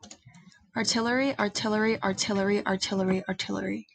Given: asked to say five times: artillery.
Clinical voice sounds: repeated word; female; 20 to 29 years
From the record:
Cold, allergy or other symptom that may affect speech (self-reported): no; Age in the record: 21 years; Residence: New York, United States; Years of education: 15

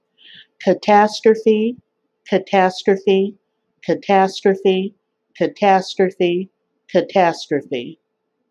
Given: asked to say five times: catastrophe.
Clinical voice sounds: repeated word; female; 50 to 59 years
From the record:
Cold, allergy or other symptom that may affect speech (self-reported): no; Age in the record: 51 years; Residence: Arkansas, United States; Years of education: 2

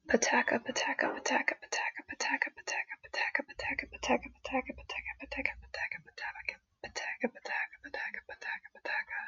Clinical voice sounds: repeated syllables /pa ta ka/; female; 20 to 29 years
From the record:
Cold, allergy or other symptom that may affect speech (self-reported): no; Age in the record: 24 years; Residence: Connecticut, United States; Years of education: 18

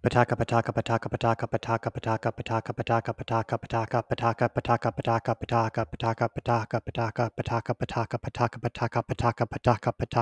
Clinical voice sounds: repeated syllables /pa ta ka/; male; 30 to 39 years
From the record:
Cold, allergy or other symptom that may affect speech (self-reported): no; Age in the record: 38 years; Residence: New York, United States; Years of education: 18

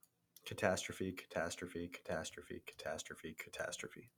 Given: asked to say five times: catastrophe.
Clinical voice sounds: repeated word; male; 20 to 29 years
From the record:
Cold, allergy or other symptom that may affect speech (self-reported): no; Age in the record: 24 years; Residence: North Carolina, United States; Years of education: 17

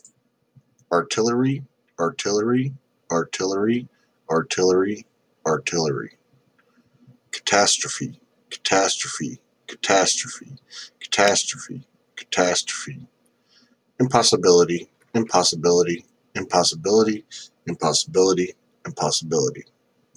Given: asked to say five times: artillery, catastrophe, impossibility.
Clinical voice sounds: three words, each repeated; male; 30 to 39 years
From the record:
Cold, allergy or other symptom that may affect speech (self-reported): no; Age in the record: 34 years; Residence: New Jersey, United States

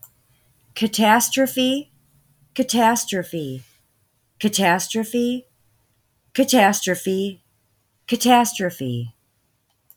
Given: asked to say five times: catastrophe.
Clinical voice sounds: repeated word; female; 20 to 29 years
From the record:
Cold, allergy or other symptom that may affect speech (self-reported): no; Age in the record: 28 years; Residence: Texas, United States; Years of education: 16

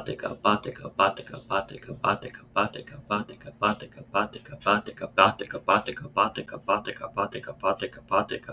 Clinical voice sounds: repeated syllables /pa ta ka/; male; 20 to 29 years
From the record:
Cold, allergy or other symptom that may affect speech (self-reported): no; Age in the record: 24 years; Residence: Pennsylvania, United States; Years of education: 18

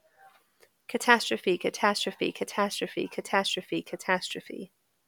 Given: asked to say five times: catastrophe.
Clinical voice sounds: repeated word; female; 30 to 39 years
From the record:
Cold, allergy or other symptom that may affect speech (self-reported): no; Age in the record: 39 years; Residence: Georgia, United States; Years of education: 16

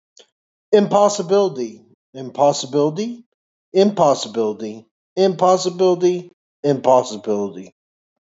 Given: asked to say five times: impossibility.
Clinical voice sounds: repeated word; male; 40 to 49 years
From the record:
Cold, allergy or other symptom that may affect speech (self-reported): no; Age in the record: 40 years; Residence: Georgia, United States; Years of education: 18

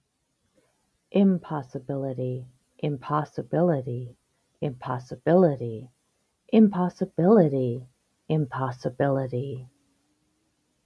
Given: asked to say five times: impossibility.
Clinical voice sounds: repeated word; female; 50 to 59 years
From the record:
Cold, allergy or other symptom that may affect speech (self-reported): no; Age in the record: 50 years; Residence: United States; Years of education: 14

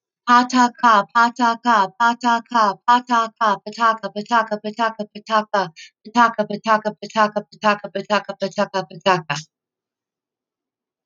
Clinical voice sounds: repeated syllables /pa ta ka/; female; 40 to 49 years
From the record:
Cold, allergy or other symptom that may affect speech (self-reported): no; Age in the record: 43 years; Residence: Connecticut, United States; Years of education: 15

